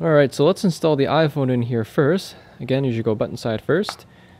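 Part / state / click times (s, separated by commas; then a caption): phone into a protective folio case shell / not seated / none. An iPhone is being pressed into the shell of a Nomad leather tri-folio wallet case, button side first, while a man talks throughout. Nothing has seated or clicked into place yet by the end of the clip.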